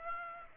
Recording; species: mosquito wingbeat signal from an infrared sensor; Aedes aegypti